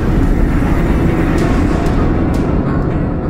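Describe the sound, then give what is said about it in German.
A train rushes past on the tracks at night with a loud, steady roar of low rumbling and clattering, broken by a few brief hissing bursts, and no voices. “Zum Glück war es zu spät, denn schon flirrte es vor Thiels Augen von Lichtern und der Zug raste vorüber.”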